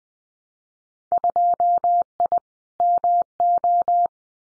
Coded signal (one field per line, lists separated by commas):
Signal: Morse code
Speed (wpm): 20 wpm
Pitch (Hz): 700 Hz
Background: none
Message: 2I MO